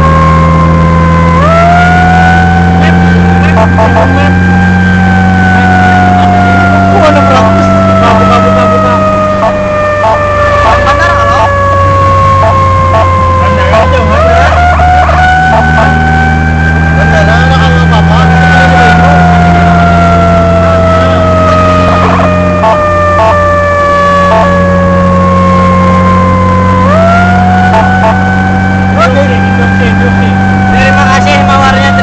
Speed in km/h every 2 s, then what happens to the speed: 70, 76, 79, 82, 83, 81, 72, 64, 70, 73, 76, 76, 77, 80, 81, 83.
0-8 speeds up to 83. 8-13 brakes to 64. 14-32 speeds up to 83.